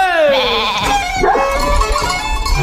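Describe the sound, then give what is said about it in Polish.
Several sheep bleat over one another in loud, wavering, nasal calls, one long bleat sliding downward in pitch while others overlap with a steady low rumble beneath. “Czy ja, człowiek, który owce głaskał ze 2 razy, nadaje się na juchasa?”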